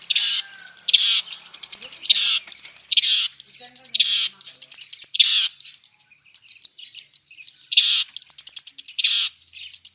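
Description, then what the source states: Long-tailed shrike song mixing harsh raspy bursts with rapid clicking rattles, the phrases repeated in uneven bouts with brief pauses. Full song packed with imitations of other birds, a style known as gacor isian.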